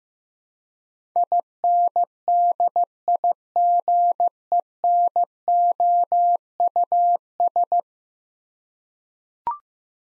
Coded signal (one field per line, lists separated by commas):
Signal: Morse code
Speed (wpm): 15 wpm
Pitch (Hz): 700 Hz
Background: none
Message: INDIGENOUS